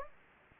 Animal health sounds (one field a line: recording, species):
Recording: mosquito wingbeat signal from an infrared sensor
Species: Anopheles gambiae